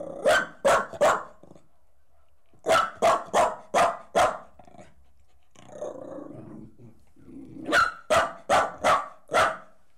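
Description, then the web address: Dog barking in three bursts of rapid barks, with a low rough growling or scuffling sound between the second and third bursts. From the BBC Sound Effects Library, CD 38, a collection of horse and dog recordings. "The BBC Sound Effects Library - Complete 60 CDs Collection Sound Effects Library-38 (Horses # 2 and Dogs)"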